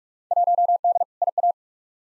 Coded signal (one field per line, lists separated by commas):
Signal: Morse code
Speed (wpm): 44 wpm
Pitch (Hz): 700 Hz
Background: none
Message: 1D IA